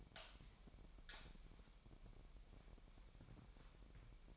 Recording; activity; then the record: daily activity, microphone in the room; light on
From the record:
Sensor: 1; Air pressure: 1012.0 hPa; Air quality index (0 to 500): 234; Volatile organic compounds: 6 ppm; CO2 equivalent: 1865 ppm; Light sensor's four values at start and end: 12/29/12/14 and 16/44/17/19